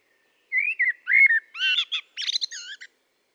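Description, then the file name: Common blackbird song: one phrase of low, mellow fluted warbling that ends in a burst of high, squeaky twittering, with silence around it. "Turdus merula"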